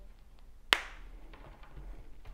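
A lead's snap connector is pressed onto the chosen stud on the top of the hand of a SaeboStim Pro stimulation glove for the right hand. One loud, sharp snap is heard at 0.7 s, followed by a few faint, soft handling sounds. The connector is seated on the stud.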